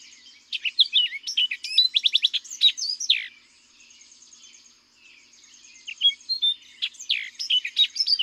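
Orchard oriole song: rapid, varied run of whistled and slurred notes with quick chattering bursts, pausing briefly midway before another jumbled phrase begins.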